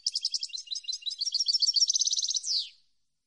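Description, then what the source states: European goldfinch song phrase of bubbly repeated chirps building into a tight trill and closing with a slurred descending note. Clean goldfinch song, for birds to copy in song training.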